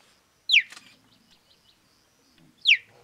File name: zvuki geparda